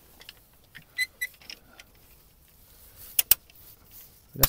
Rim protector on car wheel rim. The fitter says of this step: c'est mieux là tu vois là c'est mieux ça se clipse celui-là